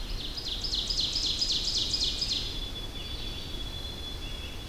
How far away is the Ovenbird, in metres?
about 40 m